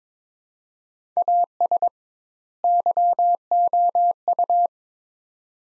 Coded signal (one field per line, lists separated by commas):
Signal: Morse code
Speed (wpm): 22 wpm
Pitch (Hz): 700 Hz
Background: none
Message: AS YOU